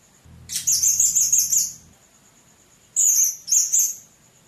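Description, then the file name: Blue-crowned hanging parrot giving very high, shrill, trilled bursts, one about a second long followed by two shorter ones, with a brief low hum early on. "serindit"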